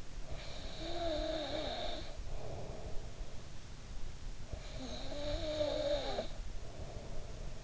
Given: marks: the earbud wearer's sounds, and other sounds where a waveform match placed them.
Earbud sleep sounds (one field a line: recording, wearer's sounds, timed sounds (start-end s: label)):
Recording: sounds in sleep by an in-ear microphone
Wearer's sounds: snoring breath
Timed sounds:
0.24-3.12 s: snoring breath
4.50-7.64 s: snoring breath